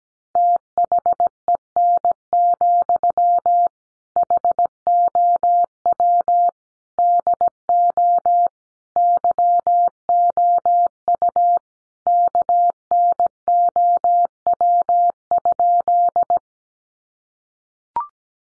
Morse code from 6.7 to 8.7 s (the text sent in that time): DO